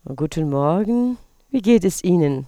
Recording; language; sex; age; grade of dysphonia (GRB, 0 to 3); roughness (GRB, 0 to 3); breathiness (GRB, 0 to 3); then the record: spoken sentence; German; female; 60 to 69 years; 0; 0; 0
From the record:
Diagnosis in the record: hyperfunctional dysphonia, dysodia (singing voice disorder); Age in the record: 64 years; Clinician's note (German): Multifaktoriell mit beginnender Altersstimme